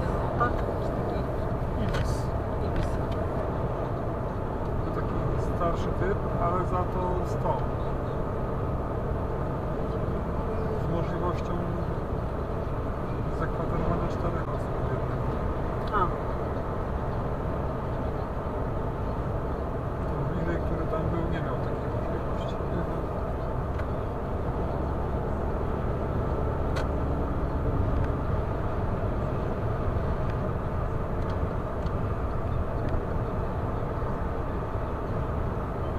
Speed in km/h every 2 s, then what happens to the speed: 116, 116, 116, 119, 119, 120, 120, 121, 121, 121, 121, 121, 123, 128, 126, 124, 122, 121.
0-25 steady at about 120.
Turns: none.